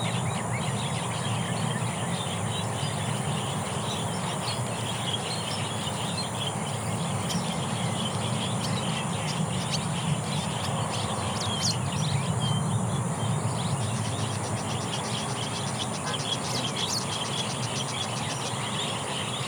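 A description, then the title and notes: A steady riverside ambience with a constant low rushing murmur, while scattered bird chirps and a faint ticking insect buzz sound above it. CloudySunset riverside, PingTung, Taiwan. 家裡附近的河堤下， 會有人散步或慢跑的地方。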